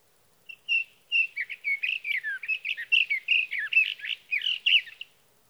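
Sage thrasher song: a sustained, jumbled warble of fast, slurred notes running about four and a half seconds.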